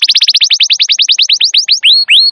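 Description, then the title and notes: Canary song: a fast run of bright, sharply falling chirps, about ten a second, slowing slightly, then ending in two longer rising whistled notes. Wild canary singing long and vigorously; recording used as a lure and as a master recording for training canaries. "Pikat Kenari GACOR PANJANG INI Cocok Untuk Masteran KENARI LIAR. Masteran burung kenari gacor parah"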